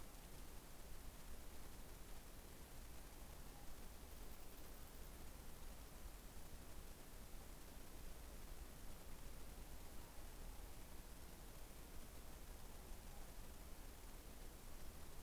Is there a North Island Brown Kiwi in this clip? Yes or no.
no